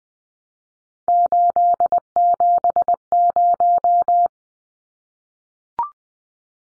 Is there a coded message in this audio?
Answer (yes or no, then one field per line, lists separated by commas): yes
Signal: Morse code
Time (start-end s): 1.1-4.3 s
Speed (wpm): 20 wpm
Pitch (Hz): 700 Hz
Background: none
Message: 870